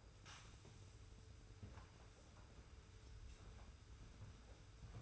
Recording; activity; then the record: daily activity, microphone in the room; sweep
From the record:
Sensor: 2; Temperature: 25.1 degrees Celsius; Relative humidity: 42.2%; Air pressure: 991.2 hPa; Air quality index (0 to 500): 147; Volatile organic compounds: 362 ppm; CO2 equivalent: 4605 ppm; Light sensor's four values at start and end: 41/117/46/44 and 41/117/46/44